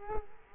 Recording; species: mosquito wingbeat signal from an infrared sensor; Culex quinquefasciatus